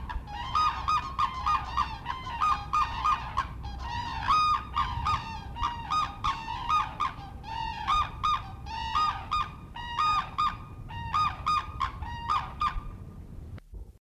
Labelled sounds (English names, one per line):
Red-crowned Crane call